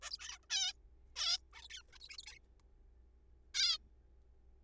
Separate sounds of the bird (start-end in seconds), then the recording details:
0.02-0.10, 0.11-0.17, 0.19-0.38, 0.43-0.46, 0.50-0.73, 1.16-1.37, 1.53-1.67, 1.70-1.82, 1.93-1.98, 2.00-2.08, 2.10-2.17, 2.19-2.22, 2.23-2.26, 2.26-2.38, 3.55-3.78. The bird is a juvenile. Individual R3428